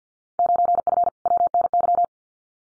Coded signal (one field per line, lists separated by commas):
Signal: Morse code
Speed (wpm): 50 wpm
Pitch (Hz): 700 Hz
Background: none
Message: 9F WNY